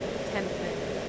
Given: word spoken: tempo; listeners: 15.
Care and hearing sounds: one English word in noise, from a listening test; speech-shaped noise; -5.9 dB; 1 of 15; 6 of 15; 0.69 s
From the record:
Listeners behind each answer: 6, 3, 1, 1, 1, 1, 1, 1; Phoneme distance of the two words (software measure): 10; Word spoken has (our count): 2 syllables, 5 phonemes, stress on syllable 1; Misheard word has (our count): 2 syllables, 5 phonemes, stress on syllable 1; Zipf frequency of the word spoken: 3.59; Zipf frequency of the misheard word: 3.79

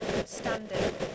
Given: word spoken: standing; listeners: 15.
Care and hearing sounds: one English word in noise, from a listening test; noise modulated by three-talker babble; -6.2 dB; 3 of 15; 12 of 15; 0.75 s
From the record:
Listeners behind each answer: 12, 3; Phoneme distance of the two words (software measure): 20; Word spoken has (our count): 2 syllables, 7 phonemes, stress on syllable 1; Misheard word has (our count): 2 syllables, 7 phonemes, stress on syllable 1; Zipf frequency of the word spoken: 4.95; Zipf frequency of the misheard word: 4.72

